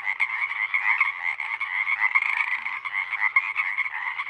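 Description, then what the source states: Pacific Chorus Frogs calling together, a continuous mass of harsh creaking notes with individual calls popping out above the steady din. Full chorus of a single pod, night of April 21-22, 2019, Sinlahekin Valley; the chorus roars on for hours until the night air cools.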